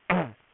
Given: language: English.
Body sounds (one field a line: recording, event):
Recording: throat vibration sensor signal played as sound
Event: throat clearing